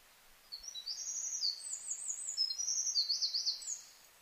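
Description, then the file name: Eurasian wren singing a hurried, very high warble of twitters and buzzy trills for about three seconds, ending abruptly. Recorded 4 March 2007. "misosazai-20070304"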